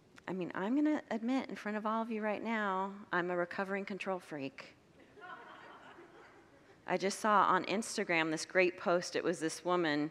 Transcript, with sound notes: I mean, I’m going to admit in front of all of you right now, I’m a recovering control freak. [Congregants laugh] I just saw on Instagram this great post. It was this woman.